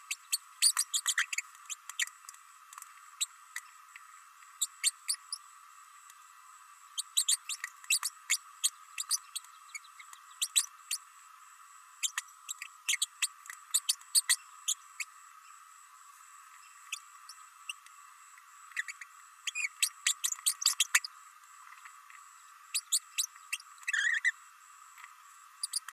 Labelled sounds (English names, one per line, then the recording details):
Green-rumped Parrotlet babbling
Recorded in a nest box in Venezuela
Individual 18B104A5